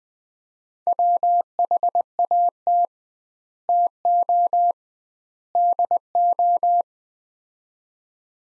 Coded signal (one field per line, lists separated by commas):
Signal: Morse code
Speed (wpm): 21 wpm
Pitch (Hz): 700 Hz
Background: none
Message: WHAT TO DO